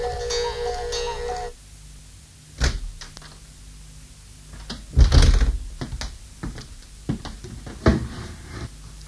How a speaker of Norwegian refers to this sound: Det vi hørte var jo et gjøkur, og ikke som vi fryktet, en tidsinnstilt.